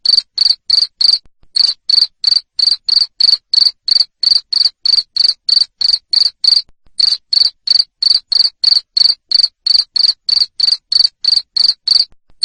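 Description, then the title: Cricket giving loud, rapid chirps, roughly three a second, each a short high rasp, the train interrupted by a few short gaps. Cricket chirping, played to stimulate lovebirds to sing continuously. "Suara JANGKRIK NGERIK Keras Bikin LOVEBIRD Jadi NGEKEK Terus"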